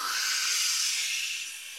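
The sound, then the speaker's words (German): A voice imitates wind in branches as a sound effect during a radio play recording, a long, steady breathy hiss, bright and airy, held for under two seconds and tapering slightly at the end, with no talking. “Das ist das Geräusch des Windes in den Zweigen.”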